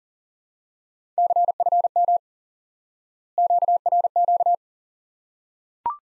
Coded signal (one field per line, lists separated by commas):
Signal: Morse code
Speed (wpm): 40 wpm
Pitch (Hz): 700 Hz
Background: none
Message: CFM QRQ